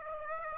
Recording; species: mosquito wingbeat signal from an infrared sensor; Aedes aegypti